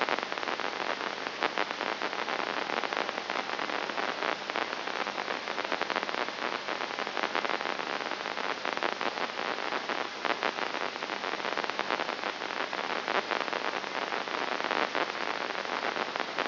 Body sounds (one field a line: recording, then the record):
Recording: brain microelectrode recording played as sound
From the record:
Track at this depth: inside the subthalamic nucleus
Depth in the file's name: 1.704 mm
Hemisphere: left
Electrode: 2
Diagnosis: Parkinson's disease